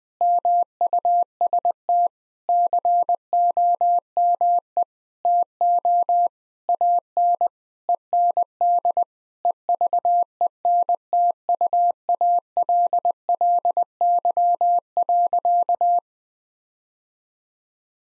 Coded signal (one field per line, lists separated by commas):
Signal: Morse code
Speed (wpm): 20 wpm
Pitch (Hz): 700 Hz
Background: none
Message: MUST COME TO AN END EVENTUALLY.